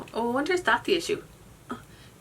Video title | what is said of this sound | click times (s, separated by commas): January hits and misses! Favourites and disappointments! | it doesn't snap | none